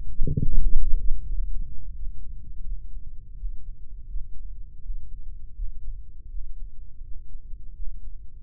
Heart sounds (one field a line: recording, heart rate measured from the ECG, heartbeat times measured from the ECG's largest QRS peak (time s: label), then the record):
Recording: heart sounds by microphone in the right ear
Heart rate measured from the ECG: 83 bpm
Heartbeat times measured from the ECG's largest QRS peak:
0.52 s: heartbeat
1.23 s: heartbeat
1.93 s: heartbeat
2.64 s: heartbeat
3.36 s: heartbeat
4.08 s: heartbeat
4.81 s: heartbeat
5.54 s: heartbeat
6.29 s: heartbeat
7.02 s: heartbeat
7.74 s: heartbeat
From the record:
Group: healthy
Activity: rest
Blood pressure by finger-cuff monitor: 97/67 mmHg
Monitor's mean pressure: 77 mmHg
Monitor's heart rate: 82 bpm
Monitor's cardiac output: 8.1 L/min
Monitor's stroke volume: 97 mL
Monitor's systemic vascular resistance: 690 dyn s/cm5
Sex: male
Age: 57 years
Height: 188 cm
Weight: 106 kg